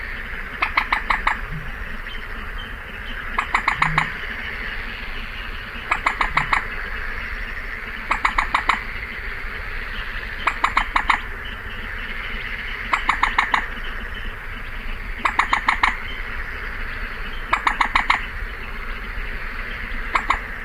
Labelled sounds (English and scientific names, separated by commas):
Common Moorhen (Gallinula chloropus) call